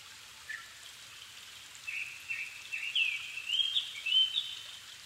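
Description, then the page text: Japanese thrush song: a single rising run of clear whistles and quick fluty notes building in loudness, against soft background hiss. Niigata Prefecture, Japan, 270 m altitude; 7 May 2011 at 17:59, evening; Sony PCM-D50 recorder, Panasonic WM-61A mic. "kurotugumi 20110507-1759. Turdus cardis [Sounds -Nikko Today-]"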